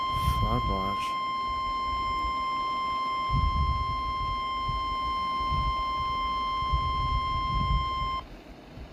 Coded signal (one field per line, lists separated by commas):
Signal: Emergency Alert System (SAME) tones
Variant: 1050 Hz attention tone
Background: speech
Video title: Bro's definitely getting fired after this one ☠️😭 #eas #easfail